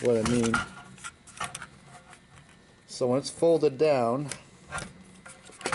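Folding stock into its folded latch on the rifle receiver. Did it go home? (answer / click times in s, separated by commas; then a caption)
no / none. Someone talks while folding the side-folding stock of an Arsenal AK rifle with a Rifle Dynamics premium upgrade down against the receiver, with faint rubbing and short metallic taps near 1.6 s and 5.7 s. The stock has not latched or clicked into its folded position because the aftermarket handguard touches the rear stock.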